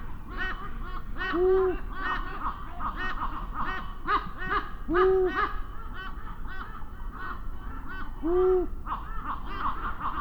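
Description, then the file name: Canarian long-eared owl hooting with deep, even single notes, three at regular spacing, over busy, overlapping raven calls throughout. Canarian subspecies; male hooting inside a raven roost. "Canarian Long eared Owl Hooting of male in raven roost"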